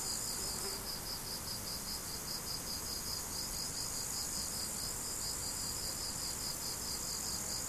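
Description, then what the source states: Cricket chirps repeat evenly, about two to three per second, with a high insect hiss that drops away after the first second. Crickets, recorded 17 July 2012 with an MZ-N710 recorder.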